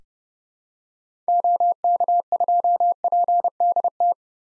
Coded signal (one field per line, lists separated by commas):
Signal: Morse code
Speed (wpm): 30 wpm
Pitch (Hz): 700 Hz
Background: none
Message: OK2PDT